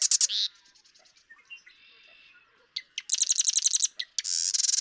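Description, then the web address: Marsh Wren song with fast rattles, a softer buzzy stretch, then sharp clicks into a rapid chattering trill and a final rasping rattle. "birdsongforthecurious Marsh Wren"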